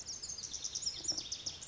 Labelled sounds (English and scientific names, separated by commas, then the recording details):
Lazuli Bunting (Passerina amoena)
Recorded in Sonoma County, California